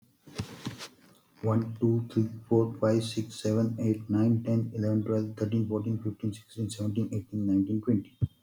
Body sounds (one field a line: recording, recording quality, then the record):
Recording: counting at a fast pace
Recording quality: excellent, no background noise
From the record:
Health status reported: healthy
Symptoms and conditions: cold, hypertension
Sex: male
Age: 50 years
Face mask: not worn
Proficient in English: yes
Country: India